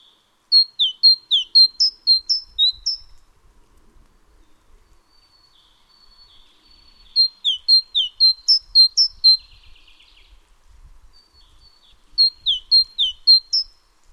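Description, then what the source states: Great tit repeating a phrase of several crisp, high whistled and down-slurred notes three times, with faint low rumble in the gaps. Nominate subspecies Parus major major; Indonesian name gelatik batu.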